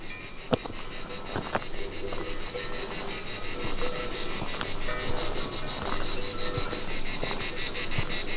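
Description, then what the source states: Cicada song, a high buzzing band pulsing in a steady rapid rhythm, with faint scattered clicks. Mid-mountain Pyrenees at 1700 m altitude, where garrigue has spread with climate disruption; cicadas there were unimaginable a few years ago.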